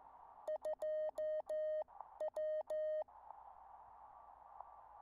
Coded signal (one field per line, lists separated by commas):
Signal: Morse code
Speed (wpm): 14 wpm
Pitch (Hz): 620 Hz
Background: none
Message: 2W